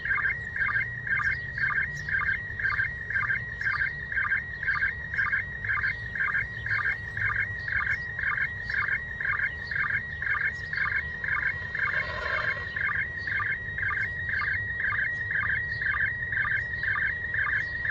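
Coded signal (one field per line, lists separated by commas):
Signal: SSTV (slow-scan television)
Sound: warbling, chirpy tone around 2 kHz with a steady rhythmic tick twice per second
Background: radio static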